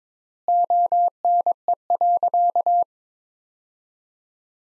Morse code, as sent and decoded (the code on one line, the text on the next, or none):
--- -. . .-.-.-
ONE.